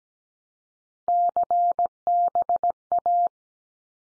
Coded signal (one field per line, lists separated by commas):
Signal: Morse code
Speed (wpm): 17 wpm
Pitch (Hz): 700 Hz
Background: none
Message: CBA